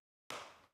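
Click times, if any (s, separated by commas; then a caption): 0.3 s. The back of a pair of pliers pushes on the rear two-wheel-drive wheel axle of an RC car to free the plastic wheel hex. After silence, a sharp click lands at 0.3 s and rings out briefly before fading. The hex clicks loose from the axle and can now be removed easily.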